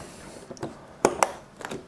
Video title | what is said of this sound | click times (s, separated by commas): System Build 20 - LIVE Build - New Office Same Great Company | Line it up, slide it down, and it should click in place. | 1.1 s, 1.2 s